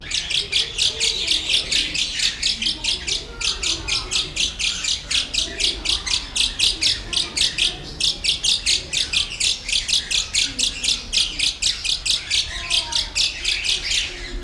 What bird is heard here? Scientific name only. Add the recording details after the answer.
Scissirostrum dubium. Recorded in captivity. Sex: male. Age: adult. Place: Zoo Berlin, Berlin, DE. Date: 1994-09-10 11:45. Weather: bedeckt, 15°C, z.T. Regen. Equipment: Marantz CP 430, Sennheiser ME 80, Kopie Uher Variocord 263. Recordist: Tembrock, Günter